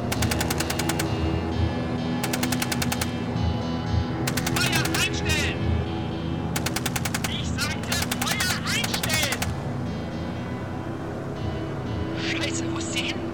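Bursts of rapid automatic gunfire crackle in several sharp volleys, each a fast string of cracks, over a steady low rumble like an engine, with a few short gaps between bursts.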